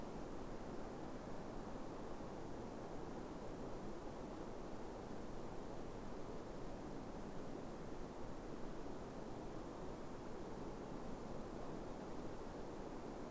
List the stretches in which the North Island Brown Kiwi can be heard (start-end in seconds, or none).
none